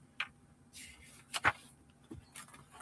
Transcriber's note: papers rustling